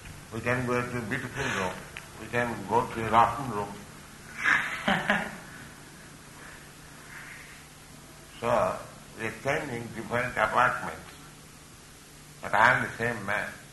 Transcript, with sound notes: we can go to a beautiful room, we can go to a rotten room. [laughter] So we are changing different apartments, but I am the same man.